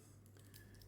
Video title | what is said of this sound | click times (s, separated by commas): Are Jody's Watches worthy of the hype? | and the nice solid click as it fits back in together. | 0.6 s